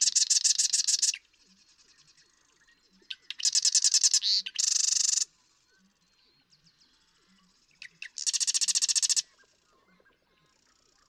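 Marsh Wren song: several loud, rapid rattling trills separated by quiet gaps with soft clicks and brief high notes.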